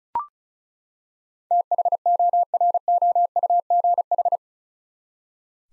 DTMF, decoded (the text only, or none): none